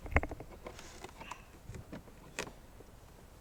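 A plastic cabin air filter cover is handled as it is pushed toward the sides of its housing behind the glove box, with a sharp tap near 0.2 s, a few light rustles and knocks, and another sharp tap near 2.4 s. Nothing has clipped into place yet; the cover is still not seated.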